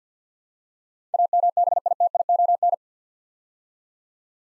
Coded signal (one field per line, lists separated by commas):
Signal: Morse code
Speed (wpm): 48 wpm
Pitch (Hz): 700 Hz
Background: none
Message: AMBITION